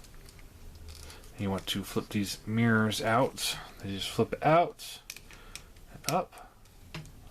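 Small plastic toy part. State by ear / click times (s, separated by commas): seated / 6.9 s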